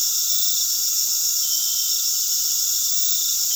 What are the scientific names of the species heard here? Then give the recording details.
none. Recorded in pastures near Puerto Asís, Putumayo, Colombia, on 20 February 2024 at 19:00. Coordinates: 0.468, -76.328. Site G6414